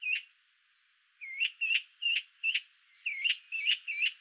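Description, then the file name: Eurasian magpie calling: a single harsh note, a pause, then a quick series of several rasping, chattering notes at an irregular pace. "Pica pica"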